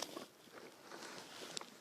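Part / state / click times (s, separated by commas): front lock latch on vacuum body / not seated / none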